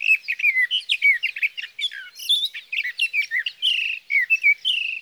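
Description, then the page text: Sage thrasher singing a continuous, hurried warble of varied slurred phrases, some rising and some falling, with a few buzzy notes, unbroken for five seconds. Male sage thrasher, Sierra Valley, California, June 12–15, 2018; from a set comparing his night songs, recorded by a Swift recorder near his night roost, with his day songs. "Birdsong for the Curious Naturalist: Explore #7. 61. Sage thrasher songs, through the night. from the evening of June 12 to the morning of June 15, 2018, in Sierra Valley, California"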